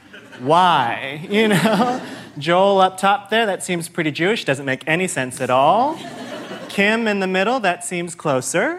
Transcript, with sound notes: Why? You know?
(LAUGHTER)
Joel up top there - that seems pretty Jewish, doesn't make any sense at all.
(LAUGHTER)
Kim in the middle - that seems closer.